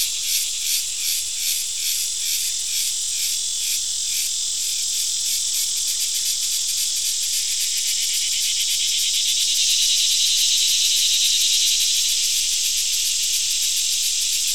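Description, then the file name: Crickets chirping in clear, evenly spaced high trills at first, then merging into a steady, shrill insect drone that swells slightly midway. Crickets, with a cicada also present. "Digiffects Sound Effects Library - Crickets and a Cicada"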